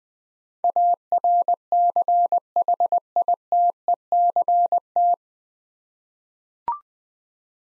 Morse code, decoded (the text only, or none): ARCHITECT